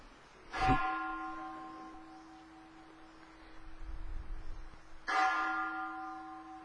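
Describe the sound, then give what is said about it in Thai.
A bell is struck twice, about four and a half seconds apart, during a meditation talk as listeners are asked to listen to it. Each strike is a loud, bright clang that settles into a long, deep humming ring, and the hum lingers between the strikes. “ฟังเสียงระฆังซิดูว่าจิตไหวไหมเขาเลิกตีไปเลยฟังออกไหมเห็นความไหวของจิตบ้างไหมเอาเอตีอีกสองที”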